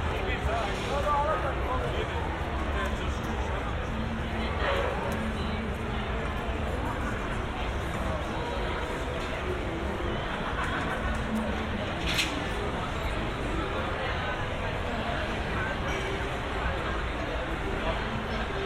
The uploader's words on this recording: San Diego. In public. At a distance. I walked through the outdoor restaurants/bars in the Gaslamp Quarter.